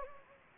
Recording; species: mosquito wingbeat signal from an infrared sensor; Anopheles gambiae